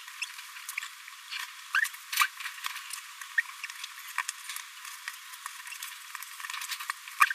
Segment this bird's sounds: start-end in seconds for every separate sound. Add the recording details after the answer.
0.21-0.25, 0.77-0.79, 1.74-1.80, 3.38-3.40, 3.63-3.66, 7.20-7.25. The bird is a male. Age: 26 days. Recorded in a nest box in Venezuela. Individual 17B42A3